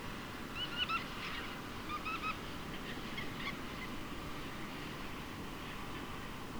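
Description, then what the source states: Bar-tailed godwit calls: short paired notes, weh-weh, given in a few quick bursts during the first three and a half seconds over a constant low rumble. Recorded at Poole Old Town, possibly on 17 August 2023; call described as "weh-weh".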